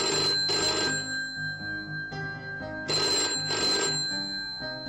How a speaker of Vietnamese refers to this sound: điện thoại bàn bỗng vang lên